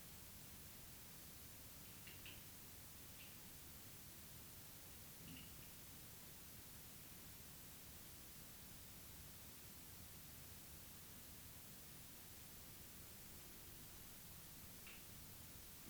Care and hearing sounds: daily activity, guitar pickup as the sensor; lie down

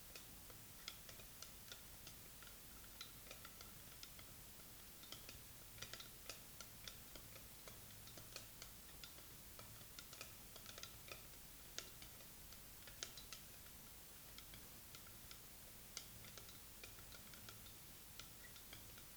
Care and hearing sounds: daily activity, guitar pickup as the sensor; fry

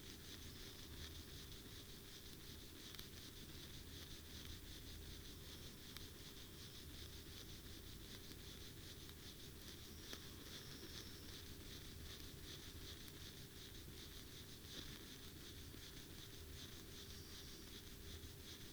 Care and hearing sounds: daily activity, guitar pickup as the sensor; brush teeth

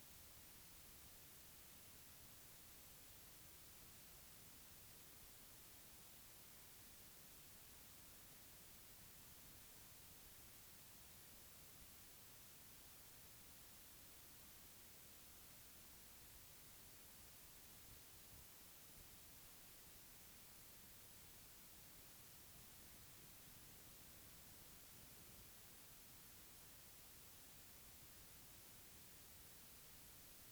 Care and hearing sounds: daily activity, guitar pickup as the sensor; sit

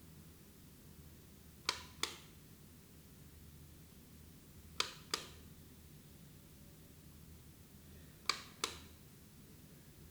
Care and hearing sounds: daily activity, guitar pickup as the sensor; operate light

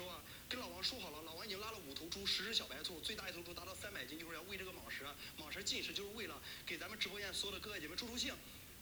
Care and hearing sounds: daily activity, guitar pickup as the sensor; browse video

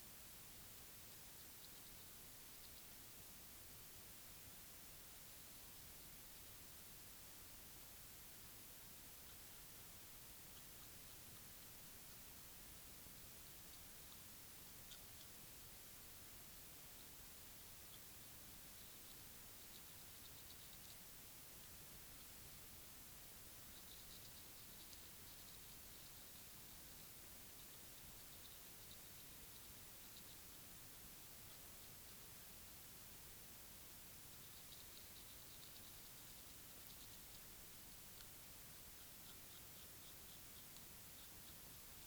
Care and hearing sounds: daily activity, guitar pickup as the sensor; brush teeth

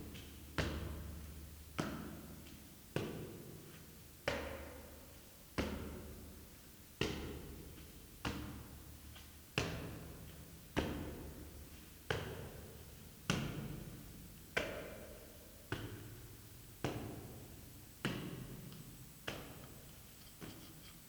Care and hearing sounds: daily activity, guitar pickup as the sensor; go upstairs

